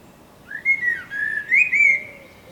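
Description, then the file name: Eurasian blackbird giving mellow fluting whistles: a rising note, a wavering slurred phrase and a brief high squeaky flourish, then a faint low trailing note. "Turdus merula"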